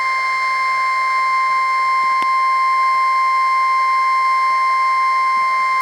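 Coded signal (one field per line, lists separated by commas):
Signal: Emergency Alert System (SAME) tones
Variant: 1050 Hz attention tone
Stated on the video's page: Archived required weekly test recording.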